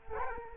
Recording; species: mosquito wingbeat signal from an infrared sensor; Culex quinquefasciatus